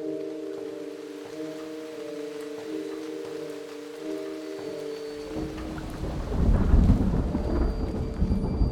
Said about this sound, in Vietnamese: Trời mưa từ sập tối, ngoài đường vắng tanh.